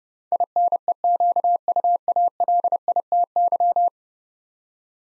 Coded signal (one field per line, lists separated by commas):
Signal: Morse code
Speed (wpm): 30 wpm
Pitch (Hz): 700 Hz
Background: none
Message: INEQUALITY